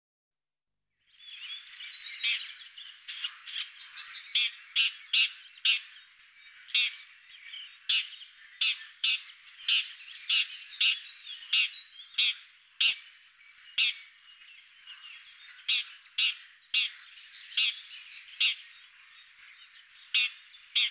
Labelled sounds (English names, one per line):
Red-backed Shrike song